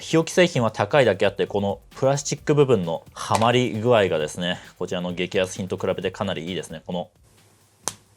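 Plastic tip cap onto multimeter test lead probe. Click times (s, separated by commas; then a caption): 7.9 s. Someone talks while a removable plastic cap is pushed onto the metal tip of a Hioki multimeter test lead, a connection praised as much better made than the cheap meter's. After the talking stops, a single sharp snap is heard at 7.9 s as the cap seats onto the probe tip.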